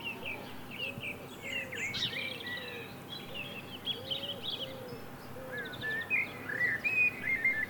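Birds calling: a soft, low arched note repeats steadily while higher chirps and twittering phrases break in above it.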